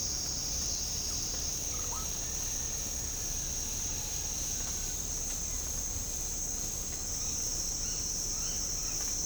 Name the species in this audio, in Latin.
none